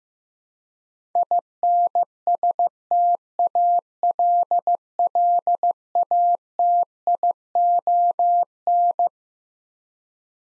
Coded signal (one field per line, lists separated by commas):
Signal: Morse code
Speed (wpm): 15 wpm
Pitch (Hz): 700 Hz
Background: none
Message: INSTALLATION